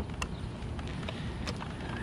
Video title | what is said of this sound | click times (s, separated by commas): How to Install forks on 04 Zx10r | sure you're here to click there we go it's in | 0.2 s